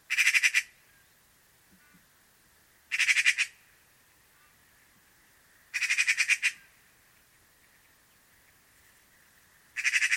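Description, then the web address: Eurasian magpie with repeated short, grating chatter bursts every few seconds against a quiet background. "cianscape birddata Deverinetal"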